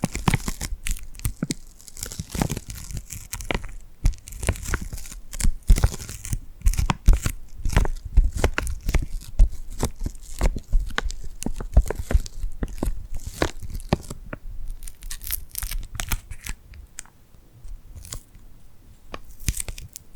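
Hands covered in glue make sticky, tingly sounds, a dense run of quick peeling and crackling snaps that continues throughout. The pops come fast and irregularly, some sharp and bright, others softer and lower, with brief sparser moments near the middle and toward the end.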